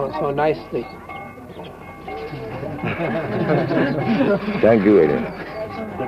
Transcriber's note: laughter